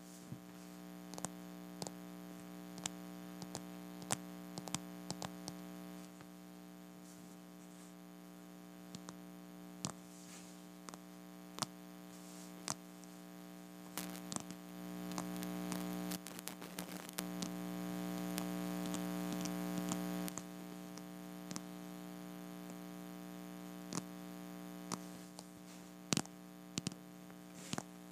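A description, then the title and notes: Light plastic tapping sounds as short, sharp clicks scattered irregularly across the whole stretch, clustering more densely and loudly from about 14 to 20 seconds. A steady low electrical hum runs underneath throughout. ASMR Plastic Tapping.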